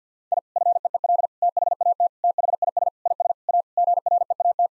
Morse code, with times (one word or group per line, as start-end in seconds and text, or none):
0.3-0.4 I
0.6-1.3 FEEL
1.4-2.1 THAT
2.2-2.9 THIS
3.1-3.3 IS
3.5-3.6 A
3.8-4.7 GREAT